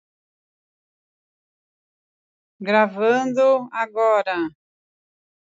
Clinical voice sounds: short text; Brazilian Portuguese; female; 40 to 49 years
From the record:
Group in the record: control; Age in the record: 42 years

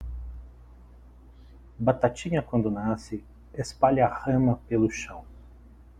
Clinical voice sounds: short text; Brazilian Portuguese; male; 40 to 49 years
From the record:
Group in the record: control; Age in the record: 40 years

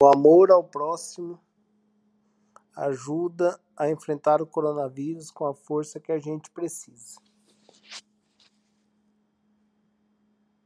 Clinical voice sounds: spoken sentence; Brazilian Portuguese; male; 40 to 49 years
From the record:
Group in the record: control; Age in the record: 47 years

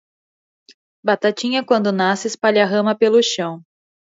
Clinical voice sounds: short text; Brazilian Portuguese; male; 20 to 29 years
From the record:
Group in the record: control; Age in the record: 28 years

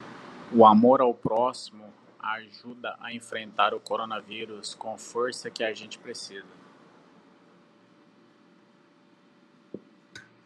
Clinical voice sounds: spoken sentence; Brazilian Portuguese; male; 40 to 49 years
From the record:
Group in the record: control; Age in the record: 42 years

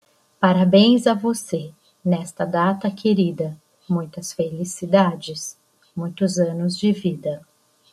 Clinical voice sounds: short text; Brazilian Portuguese; female; 50 to 59 years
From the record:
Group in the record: control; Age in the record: 57 years

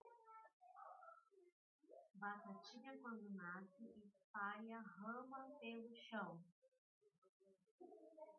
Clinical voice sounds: short text; Brazilian Portuguese; female; 40 to 49 years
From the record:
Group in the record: control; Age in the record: 43 years

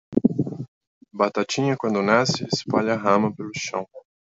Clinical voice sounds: short text; Brazilian Portuguese; male; 30 to 39 years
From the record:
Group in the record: control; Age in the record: 33 years

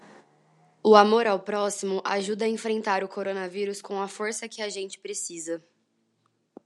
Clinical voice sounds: spoken sentence; Brazilian Portuguese; female; 20 to 29 years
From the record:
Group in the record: control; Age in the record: 23 years

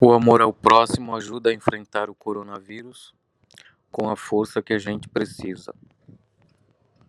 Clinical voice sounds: spoken sentence; Brazilian Portuguese; male; 40 to 49 years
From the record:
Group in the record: control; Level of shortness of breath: 0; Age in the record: 48 years

